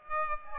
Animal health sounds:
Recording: mosquito wingbeat signal from an infrared sensor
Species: Aedes aegypti

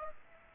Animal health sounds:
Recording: mosquito wingbeat signal from an infrared sensor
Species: Aedes aegypti

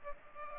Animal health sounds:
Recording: mosquito wingbeat signal from an infrared sensor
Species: Culex pipiens

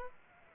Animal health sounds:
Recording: mosquito wingbeat signal from an infrared sensor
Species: Aedes aegypti

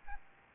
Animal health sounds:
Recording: mosquito wingbeat signal from an infrared sensor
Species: Aedes albopictus

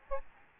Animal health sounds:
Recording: mosquito wingbeat signal from an infrared sensor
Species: Aedes albopictus

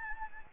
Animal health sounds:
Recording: mosquito wingbeat signal from an infrared sensor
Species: Anopheles gambiae

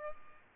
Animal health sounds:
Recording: mosquito wingbeat signal from an infrared sensor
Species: Aedes albopictus

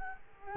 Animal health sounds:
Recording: mosquito wingbeat signal from an infrared sensor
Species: Culex quinquefasciatus

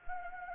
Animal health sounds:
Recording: mosquito wingbeat signal from an infrared sensor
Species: Anopheles gambiae

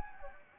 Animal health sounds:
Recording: mosquito wingbeat signal from an infrared sensor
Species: Anopheles gambiae

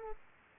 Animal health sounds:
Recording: mosquito wingbeat signal from an infrared sensor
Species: Aedes aegypti

